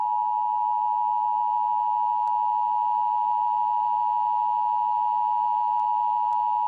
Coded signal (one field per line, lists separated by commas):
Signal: Emergency Alert System (SAME) tones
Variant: 853 and 960 Hz attention tone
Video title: EAS scenario #1 - That's no lunar eclipse...